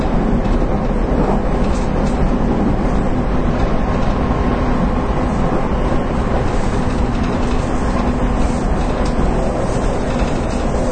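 A Nippou line 813 series local train runs with a steady, dense low rumble and faint whining tones, unchanging throughout without distinct events.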